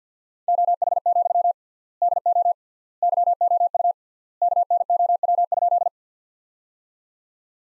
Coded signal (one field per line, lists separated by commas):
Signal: Morse code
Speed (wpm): 50 wpm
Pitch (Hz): 700 Hz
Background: none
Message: OH, DO YOU KNOW?